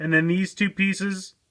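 Two plastic panels on a small plastic brick-figure toy are handled while the toy is being transformed into brick mode, and someone talks throughout. The panels have not clicked into place yet, and nothing has seated by the end of the clip.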